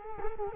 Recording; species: mosquito wingbeat signal from an infrared sensor; Culex quinquefasciatus